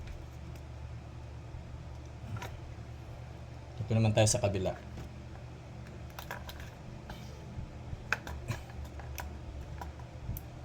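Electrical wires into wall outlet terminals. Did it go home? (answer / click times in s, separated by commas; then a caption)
yes / 8.1 s. Someone talks while two electrical wires are pushed into the locking terminals on the other side of a wall outlet. A sharp click sounds at 8.1 s, followed by a few fainter ticks. Both wires end up locked into the terminals.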